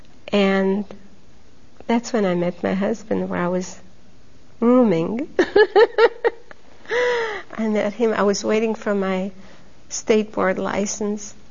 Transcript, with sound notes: And that's when I met my husband, where I was rooming. ( she laughs ) I met him, I was waiting for my State Board license.